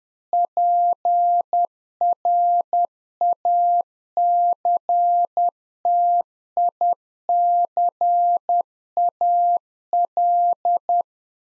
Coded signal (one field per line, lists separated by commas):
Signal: Morse code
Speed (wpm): 10 wpm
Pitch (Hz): 700 Hz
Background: none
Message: PRACTICAL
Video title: Practice QSO - Exchange 3- More Info - 10wpm